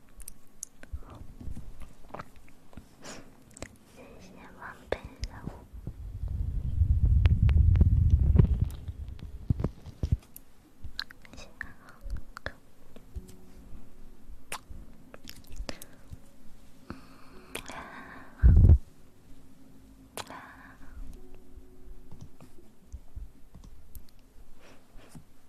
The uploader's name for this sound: Mouth Sounds